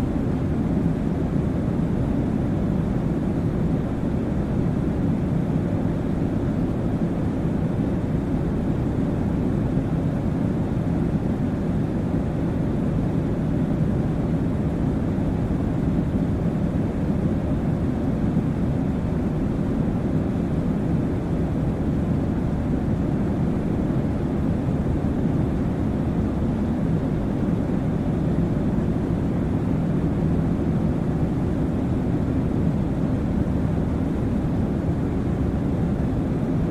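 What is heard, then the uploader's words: Airplane sound, a steady low roar that holds at an even level for the whole stretch without rising or fading. The rumble is dense and deep, concentrated in the low range with only a faint hiss above, like a drone or an engine. Airplane Sound For Sleeping, Focus Or Study Aid.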